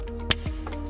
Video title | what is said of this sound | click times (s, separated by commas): HOW TO INSTALL REMOTE START ON 2012-2015 HONDA CIVIC– STEP-BY-STEP GUIDE! | and snaps into place okay now we're ready to connect the transponder T harness connection | 0.3 s